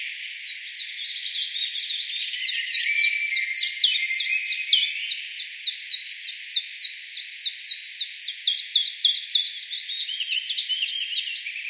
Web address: Phylloscopus collybita. User:Mysid